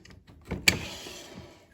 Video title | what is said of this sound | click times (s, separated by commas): Whirlpool Fridge Water Tastes Bad!...Time To Replace! | It's good to go. You'll hear it click in place. | 0.7 s